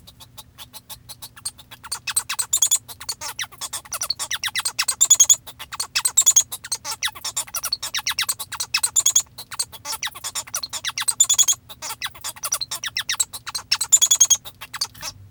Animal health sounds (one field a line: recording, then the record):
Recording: song of a male Bengalese finch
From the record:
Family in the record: father 1